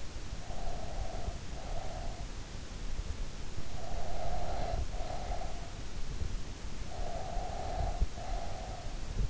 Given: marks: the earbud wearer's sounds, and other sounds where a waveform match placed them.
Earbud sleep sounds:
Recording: sounds in sleep by an in-ear microphone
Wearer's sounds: breath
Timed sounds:
0.18-2.45 s: breath
3.42-5.87 s: breath
6.71-9.30 s: breath

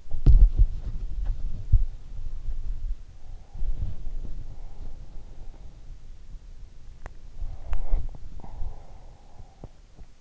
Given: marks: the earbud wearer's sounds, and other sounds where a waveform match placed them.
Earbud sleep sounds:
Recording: sounds in sleep by an in-ear microphone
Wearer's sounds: body movement, breath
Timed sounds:
0.00-10.21 s: body movement
7.31-9.81 s: breath

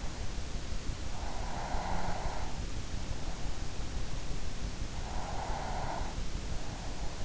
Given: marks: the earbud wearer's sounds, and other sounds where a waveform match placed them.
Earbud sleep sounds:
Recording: sounds in sleep by an in-ear microphone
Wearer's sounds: breath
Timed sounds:
0.95-2.95 s: breath
4.72-6.44 s: breath

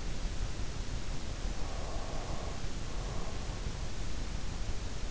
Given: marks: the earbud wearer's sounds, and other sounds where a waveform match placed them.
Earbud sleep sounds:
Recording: sounds in sleep by an in-ear microphone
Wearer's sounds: breath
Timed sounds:
1.49-4.39 s: breath

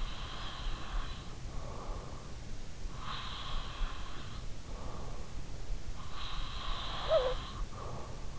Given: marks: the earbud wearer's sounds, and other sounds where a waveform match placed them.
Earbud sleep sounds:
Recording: sounds in sleep by an in-ear microphone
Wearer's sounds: breath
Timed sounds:
0.00-2.32 s: breath
2.77-5.46 s: breath
5.71-8.39 s: breath

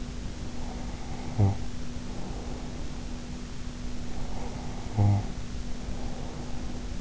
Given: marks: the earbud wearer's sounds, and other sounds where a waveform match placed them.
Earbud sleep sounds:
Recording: sounds in sleep by an in-ear microphone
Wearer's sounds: snoring breath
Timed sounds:
0.38-2.94 s: snoring breath
3.96-7.01 s: snoring breath

